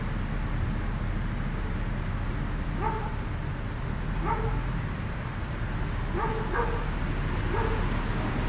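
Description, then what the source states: Dog barking, several faint barks spread throughout over a steady low rumble of background noise. Recorded in a sketchy neighborhood.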